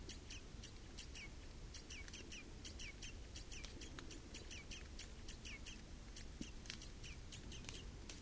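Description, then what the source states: Red crossbill calls, a steady run of short downward-bending chips, several per second, against a constant low-pitched background noise. Recorded 27 October 2014 in the Rusel area.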